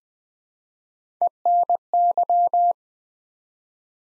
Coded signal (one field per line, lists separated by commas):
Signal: Morse code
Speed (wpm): 20 wpm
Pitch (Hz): 700 Hz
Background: none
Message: ENY